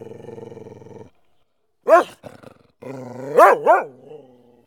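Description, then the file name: Dog giving a low buzzing growl, then after a pause a loud rising-and-falling yelping bark, a short rough grunt, and two more such barks close together. A dog on watch. "Watching Bad Dog"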